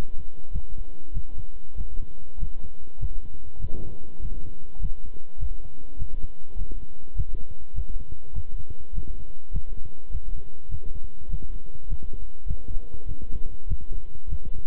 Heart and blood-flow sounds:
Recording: heart sounds by stethoscope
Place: between the tricuspid and mitral areas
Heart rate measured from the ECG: 100 bpm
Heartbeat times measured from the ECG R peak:
0.51 s: heartbeat
1.12 s: heartbeat
1.75 s: heartbeat
2.38 s: heartbeat
2.98 s: heartbeat
3.59 s: heartbeat
4.20 s: heartbeat
4.79 s: heartbeat
5.38 s: heartbeat
5.97 s: heartbeat
6.56 s: heartbeat
7.14 s: heartbeat
7.74 s: heartbeat
8.33 s: heartbeat
8.93 s: heartbeat
9.51 s: heartbeat
10.10 s: heartbeat
10.69 s: heartbeat
11.28 s: heartbeat
11.87 s: heartbeat
12.46 s: heartbeat
13.06 s: heartbeat
13.67 s: heartbeat
14.28 s: heartbeat
From the record:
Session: walking at 3.7 km/h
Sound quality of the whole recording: good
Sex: male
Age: 26 years

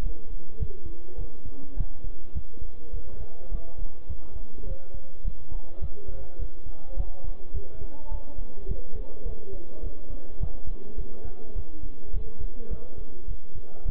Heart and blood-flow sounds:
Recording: heart sounds by stethoscope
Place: between the tricuspid and mitral areas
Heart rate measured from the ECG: 104 bpm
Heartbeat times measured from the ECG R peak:
0.03 s: heartbeat
0.60 s: heartbeat
1.18 s: heartbeat
1.77 s: heartbeat
2.35 s: heartbeat
2.93 s: heartbeat
3.51 s: heartbeat
4.09 s: heartbeat
4.67 s: heartbeat
5.24 s: heartbeat
5.81 s: heartbeat
6.39 s: heartbeat
6.97 s: heartbeat
7.54 s: heartbeat
8.11 s: heartbeat
8.68 s: heartbeat
9.26 s: heartbeat
9.83 s: heartbeat
10.40 s: heartbeat
10.98 s: heartbeat
11.55 s: heartbeat
12.13 s: heartbeat
12.70 s: heartbeat
13.27 s: heartbeat
13.85 s: heartbeat
From the record:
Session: bicycle stress test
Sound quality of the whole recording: good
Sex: male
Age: 23 years

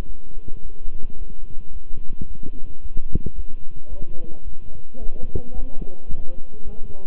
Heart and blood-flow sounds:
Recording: heart sounds by stethoscope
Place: between the tricuspid and mitral areas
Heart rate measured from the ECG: 109 bpm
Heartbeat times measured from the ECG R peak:
0.04 s: heartbeat
0.61 s: heartbeat
1.16 s: heartbeat
1.71 s: heartbeat
2.25 s: heartbeat
2.80 s: heartbeat
3.34 s: heartbeat
3.88 s: heartbeat
4.42 s: heartbeat
4.98 s: heartbeat
5.52 s: heartbeat
6.07 s: heartbeat
6.63 s: heartbeat
From the record:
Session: walking at 3.7 km/h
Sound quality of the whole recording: good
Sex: male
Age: 26 years

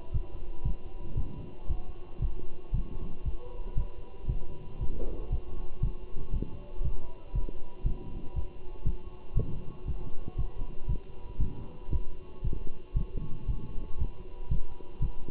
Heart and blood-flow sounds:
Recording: heart sounds by stethoscope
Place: between the tricuspid and mitral areas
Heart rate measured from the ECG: 117 bpm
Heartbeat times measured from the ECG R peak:
0.14 s: heartbeat
0.65 s: heartbeat
1.17 s: heartbeat
1.69 s: heartbeat
2.22 s: heartbeat
2.74 s: heartbeat
3.25 s: heartbeat
3.77 s: heartbeat
4.29 s: heartbeat
4.81 s: heartbeat
5.32 s: heartbeat
5.83 s: heartbeat
6.34 s: heartbeat
6.84 s: heartbeat
7.35 s: heartbeat
7.86 s: heartbeat
8.36 s: heartbeat
8.86 s: heartbeat
9.37 s: heartbeat
9.87 s: heartbeat
10.38 s: heartbeat
10.89 s: heartbeat
11.41 s: heartbeat
11.92 s: heartbeat
12.44 s: heartbeat
12.96 s: heartbeat
13.48 s: heartbeat
14.00 s: heartbeat
14.51 s: heartbeat
15.02 s: heartbeat
From the record:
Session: walking at 3.7 km/h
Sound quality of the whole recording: good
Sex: male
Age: 27 years

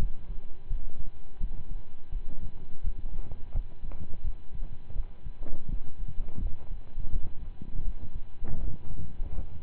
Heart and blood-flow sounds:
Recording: heart sounds by stethoscope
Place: between the tricuspid and mitral areas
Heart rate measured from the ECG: 83 bpm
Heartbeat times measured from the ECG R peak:
0.67 s: heartbeat
1.38 s: heartbeat
2.09 s: heartbeat
2.81 s: heartbeat
3.52 s: heartbeat
4.21 s: heartbeat
4.93 s: heartbeat
5.67 s: heartbeat
6.39 s: heartbeat
7.10 s: heartbeat
7.82 s: heartbeat
8.57 s: heartbeat
9.32 s: heartbeat
From the record:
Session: slow and fast walking with breaks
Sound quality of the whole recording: saturated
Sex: male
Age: 25 years

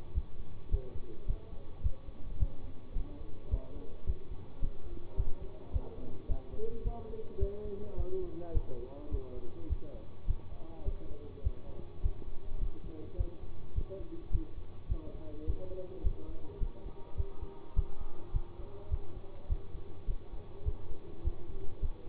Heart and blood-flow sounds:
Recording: heart sounds by stethoscope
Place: between the tricuspid and mitral areas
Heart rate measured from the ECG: 105 bpm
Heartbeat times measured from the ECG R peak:
0.14 s: heartbeat
0.71 s: heartbeat
1.27 s: heartbeat
1.83 s: heartbeat
2.39 s: heartbeat
2.95 s: heartbeat
3.50 s: heartbeat
4.06 s: heartbeat
4.61 s: heartbeat
5.17 s: heartbeat
5.73 s: heartbeat
6.28 s: heartbeat
6.84 s: heartbeat
7.40 s: heartbeat
7.97 s: heartbeat
8.54 s: heartbeat
9.11 s: heartbeat
9.69 s: heartbeat
10.27 s: heartbeat
10.85 s: heartbeat
11.43 s: heartbeat
12.02 s: heartbeat
12.60 s: heartbeat
13.17 s: heartbeat
13.75 s: heartbeat
14.32 s: heartbeat
14.88 s: heartbeat
15.46 s: heartbeat
16.03 s: heartbeat
16.60 s: heartbeat
17.17 s: heartbeat
17.75 s: heartbeat
18.33 s: heartbeat
18.90 s: heartbeat
19.49 s: heartbeat
20.07 s: heartbeat
20.65 s: heartbeat
21.24 s: heartbeat
21.81 s: heartbeat
From the record:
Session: bicycle stress test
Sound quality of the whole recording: good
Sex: male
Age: 24 years

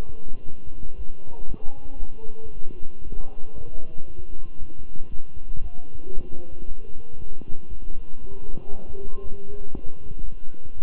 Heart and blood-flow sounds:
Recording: heart sounds by stethoscope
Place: between the tricuspid and mitral areas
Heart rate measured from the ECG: 117 bpm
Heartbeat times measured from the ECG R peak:
0.45 s: heartbeat
0.97 s: heartbeat
1.47 s: heartbeat
1.99 s: heartbeat
2.51 s: heartbeat
3.03 s: heartbeat
3.54 s: heartbeat
4.06 s: heartbeat
4.59 s: heartbeat
5.10 s: heartbeat
5.62 s: heartbeat
6.14 s: heartbeat
6.66 s: heartbeat
7.17 s: heartbeat
7.69 s: heartbeat
8.20 s: heartbeat
8.72 s: heartbeat
9.23 s: heartbeat
9.73 s: heartbeat
10.24 s: heartbeat
10.75 s: heartbeat
From the record:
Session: walking at 3.7 km/h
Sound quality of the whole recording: good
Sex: male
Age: 23 years

